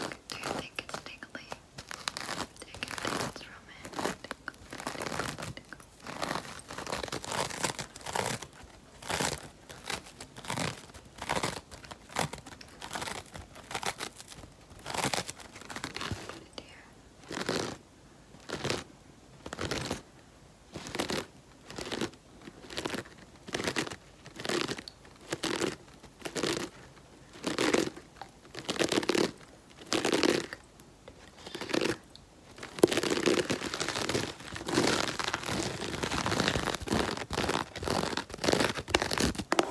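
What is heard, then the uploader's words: Scratching on textured rings, a dry crinkly rasp made of quick repeated strokes. The strokes start dense and irregular, settle into a steady back-and-forth rhythm of about two per second midway, then run together into a continuous rough scratching near the end. SCRATCHING MY RINGS TEXTURED SCRATCHING.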